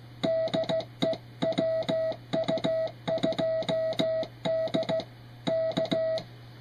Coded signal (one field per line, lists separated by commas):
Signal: Morse code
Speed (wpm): 15 wpm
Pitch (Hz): 660 Hz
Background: music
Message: DE WU2D K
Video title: Retro QRP On The Air